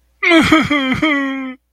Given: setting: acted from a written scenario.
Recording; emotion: vocal sound without words; sadness